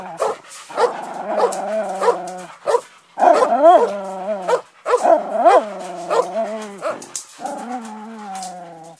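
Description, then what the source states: Dog barking and whining in a run of uneven yelps, with rising and falling whimpers between barks over nine seconds. At a kennel.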